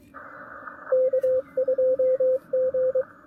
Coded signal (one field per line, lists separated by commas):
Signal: Morse code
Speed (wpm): 23 wpm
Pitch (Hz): 520 Hz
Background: radio noise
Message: K2G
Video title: QRPp POTA Challenge: Let's Compromise a Compromised Antenna at Lake James State Park!